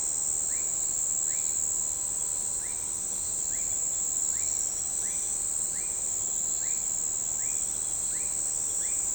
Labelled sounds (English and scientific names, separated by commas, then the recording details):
none
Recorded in shrubland near Pivijay, Magdalena, Colombia, on 14 April 2023 at 03:30
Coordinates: 10.453, -74.365
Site P5-G022